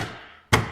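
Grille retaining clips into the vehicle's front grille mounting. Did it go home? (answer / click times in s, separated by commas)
yes / 0.5 s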